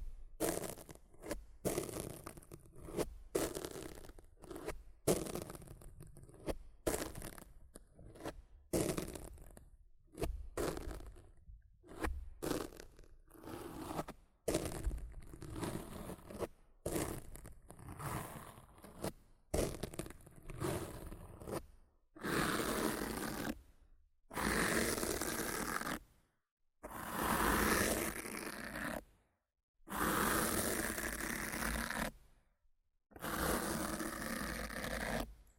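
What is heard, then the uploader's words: Rough scratching and brushing on a microphone, starting as a rapid run of short, uneven strokes with brief gaps for about twenty seconds. After that it changes to longer, harsher, hissy sweeps of a second or two each, separated by clean silences. ASMR Rough Mic Scratching & Brushing (No Talking).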